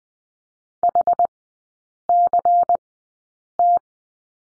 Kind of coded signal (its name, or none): Morse code